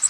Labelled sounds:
Bay-breasted Warbler (Setophaga castanea) flight call

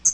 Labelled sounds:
Hooded Warbler (Setophaga citrina) flight call

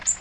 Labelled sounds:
Magnolia Warbler (Setophaga magnolia) flight call

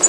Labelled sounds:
Black-throated Green Warbler (Setophaga virens) flight call

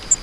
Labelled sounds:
Grace's Warbler (Setophaga graciae) flight call

